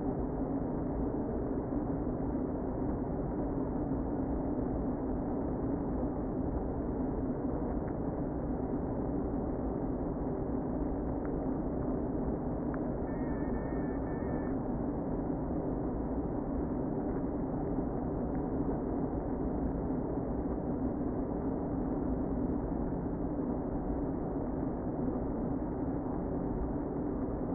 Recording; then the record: honeybee colony, microphone inside the hive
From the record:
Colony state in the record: queen present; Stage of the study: before two queens were removed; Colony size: about 60,000 bees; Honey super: yes